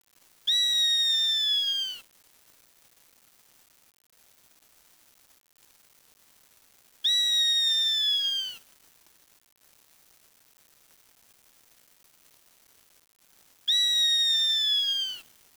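Bird calling: three long, clear whistles, each slightly falling in pitch and lasting about one and a half seconds, repeated every six to seven seconds with quiet between.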